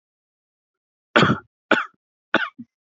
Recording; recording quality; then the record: shallow voluntary cough; excellent, no background noise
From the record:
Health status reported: healthy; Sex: male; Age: 26 years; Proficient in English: yes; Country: India